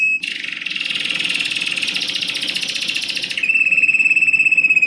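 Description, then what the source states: Canary song: a dense, buzzy, rattling trill lasting about three seconds, followed by a thin steady high whistle. Mix of American Singer and Timbrado canary songs, for teaching song to canaries.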